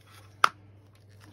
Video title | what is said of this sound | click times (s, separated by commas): PROTEC - P9005 Temperature Probe | so there we go that's a nice little click | 0.4 s